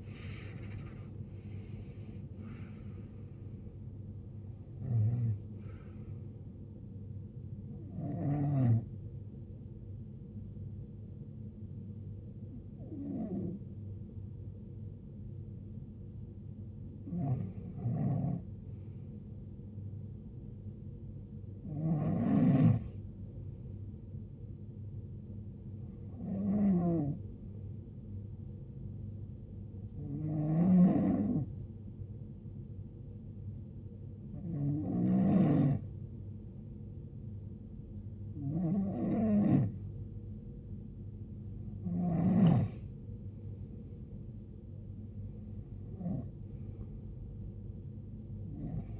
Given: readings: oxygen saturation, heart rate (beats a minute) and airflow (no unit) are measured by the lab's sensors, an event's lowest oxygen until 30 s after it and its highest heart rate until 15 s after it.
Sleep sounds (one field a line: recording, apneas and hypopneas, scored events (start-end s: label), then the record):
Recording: breathing in sleep by a smartphone at the bedside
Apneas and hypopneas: 1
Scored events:
30.00-42.50 s: hypopnea (REM, oxygen 92% highest, then 89% lowest, heart rate 76 at the start, 82 highest)
From the record:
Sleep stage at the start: REM sleep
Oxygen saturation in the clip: 74 to 92%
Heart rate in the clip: 55 to 86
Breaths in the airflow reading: 12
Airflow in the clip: -19.8 to 19.2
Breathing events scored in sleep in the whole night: 389 in 6.3 hours asleep